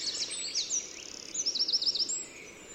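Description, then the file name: Eurasian wren: a short burst of high, thin notes followed by a rapid, dry trill, with faint background hiss. "Troglodytes troglodytes"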